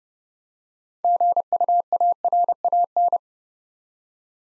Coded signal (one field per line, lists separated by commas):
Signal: Morse code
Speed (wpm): 28 wpm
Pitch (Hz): 700 Hz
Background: none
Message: GUARAN